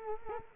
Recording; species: mosquito wingbeat signal from an infrared sensor; Culex quinquefasciatus